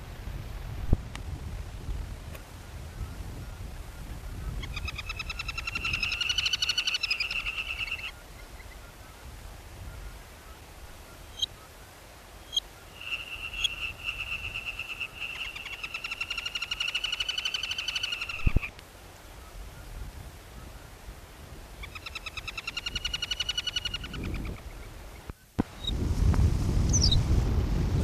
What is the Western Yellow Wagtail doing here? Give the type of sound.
call